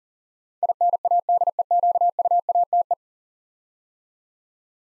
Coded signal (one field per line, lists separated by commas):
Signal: Morse code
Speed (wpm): 39 wpm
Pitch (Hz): 700 Hz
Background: none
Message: INADEQUATE